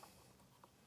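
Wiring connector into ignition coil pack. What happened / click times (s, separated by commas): The connector is being handled and has not yet seated / none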